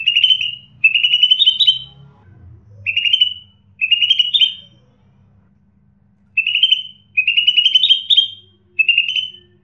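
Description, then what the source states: Bird song made of many short trilled, whistled phrases given in bunches, pausing briefly, then resuming, over a faint low rumble. Chirping bird song for mastering (training) pet birds.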